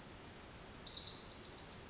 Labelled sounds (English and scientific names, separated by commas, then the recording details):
Pacific Wren (Troglodytes pacificus)
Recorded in Sonoma County, California